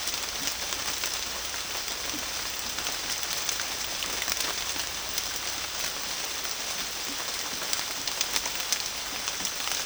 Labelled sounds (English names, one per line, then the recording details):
none
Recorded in secondary vegetation near Puerto Asís, Putumayo, Colombia, on 19 June 2025 at 14:00
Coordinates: 0.485, -76.322
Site GP06